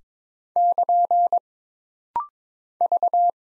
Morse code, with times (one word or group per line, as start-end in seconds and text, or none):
0.6-1.4 <KN>
2.8-3.3 V